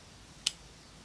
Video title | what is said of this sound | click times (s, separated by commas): This Leatherman ripoff... WAS A RIPOFF!!!😠(SQT2048 Review) | it barely clicks. | 0.5 s